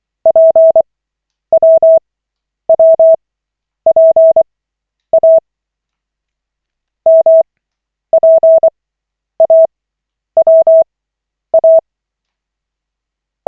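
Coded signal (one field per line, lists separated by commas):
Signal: Morse code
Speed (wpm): 24 wpm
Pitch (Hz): 650 Hz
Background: none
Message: PWWPA MPAWA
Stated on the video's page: Koch-method Morse practice at lesson 14 of 40, five-minute session from the LCWO website.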